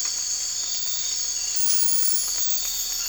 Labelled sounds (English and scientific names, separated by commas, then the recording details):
none
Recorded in dense forest near Puerto Asís, Putumayo, Colombia, on 12 March 2025 at 03:30
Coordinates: 0.484, -76.317
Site G064